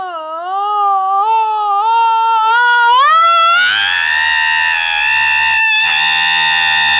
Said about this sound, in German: Mensch, ein Wecker, der schreit. Und das nennt der Junge recht sonderbar.